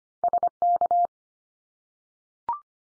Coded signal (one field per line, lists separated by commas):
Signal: Morse code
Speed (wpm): 25 wpm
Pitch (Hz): 700 Hz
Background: none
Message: SK